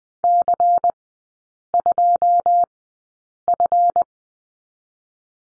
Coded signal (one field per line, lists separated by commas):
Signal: Morse code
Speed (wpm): 20 wpm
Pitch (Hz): 700 Hz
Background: none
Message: C2F